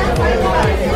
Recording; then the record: background sound without coughing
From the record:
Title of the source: Nightlife Party Simulating Party Club Noise 1 Hour